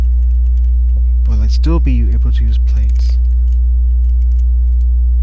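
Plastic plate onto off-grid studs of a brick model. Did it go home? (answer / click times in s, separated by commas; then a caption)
no / none. Someone tries fitting a plastic plate onto the slanted, off-grid studs of a brick model, but it does not line up and sits slightly off. A steady hum runs throughout while someone talks, with faint light taps in the background. Nothing has seated or clicked yet.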